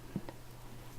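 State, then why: Not seated. A crystal dangle, crystal number five on a metal head pin loop, is handled as it is brought toward the side loop of a three-tiered earring. A soft low thump is heard near 0.2 s and a brief faint tick at 0.3 s over a quiet hum. The wire loop has not clicked into the earring loop yet, so nothing has seated.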